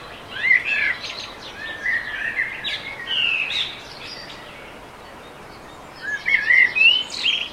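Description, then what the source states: Mixed birdsong at dawn, with quick chirps and warbling phrases, a quieter pause after the middle, then more song near the end. Dawn chorus sound effect.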